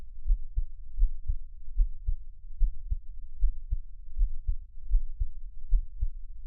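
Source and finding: Heart, close-miked. Heartbeat with skipped beats.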